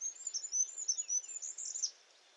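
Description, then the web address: Bird calling in a quick run of thin, very high chirps for about two seconds, then falling silent with only faint background hiss. "birddata Deverinetal 2025"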